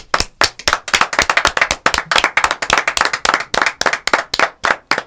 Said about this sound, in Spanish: Te mando un fuerte abrazo y te estamos haciendo siempre el aguante. Para vos, nuestro aplauso, Marito.